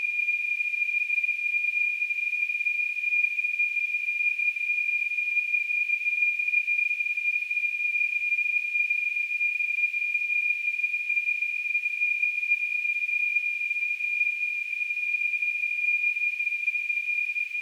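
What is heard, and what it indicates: A steady, high-pitched whistling tone, edged with a faint hiss, holds at an unchanging pitch and loudness for the full eighteen seconds. It is a simulation of tinnitus, the constant ringing some people hear in their ears.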